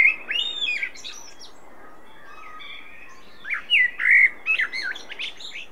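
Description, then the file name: Common blackbird song: fluted warbling phrases with high twittering at the start and end, separated by a quiet stretch, over a light background hiss. "Turdus merula"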